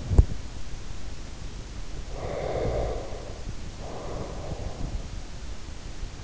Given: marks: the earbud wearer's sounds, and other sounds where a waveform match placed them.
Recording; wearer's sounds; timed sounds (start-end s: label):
sounds in sleep by an in-ear microphone; teeth grinding, breath
0.00-0.50 s: teeth grinding
1.99-5.11 s: breath